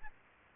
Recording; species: mosquito wingbeat signal from an infrared sensor; Aedes albopictus